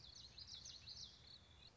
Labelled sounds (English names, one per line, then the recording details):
Common Yellowthroat
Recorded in Sonoma County, California